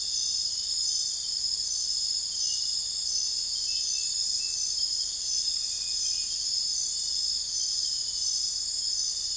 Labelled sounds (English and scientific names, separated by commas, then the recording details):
none
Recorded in secondary vegetation near Puerto Asís, Putumayo, Colombia, on 21 December 2024 at 00:30
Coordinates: 0.484, -76.319
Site GP06